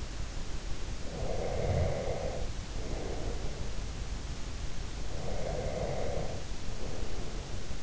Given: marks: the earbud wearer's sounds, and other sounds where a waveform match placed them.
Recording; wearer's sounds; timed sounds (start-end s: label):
sounds in sleep by an in-ear microphone; breath
1.03-3.81 s: breath
5.11-7.82 s: breath